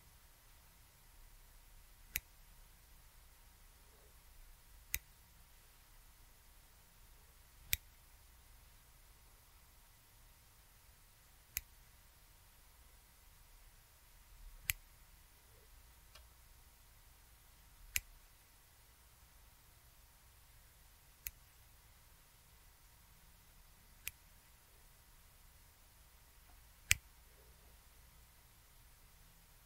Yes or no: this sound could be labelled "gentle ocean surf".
no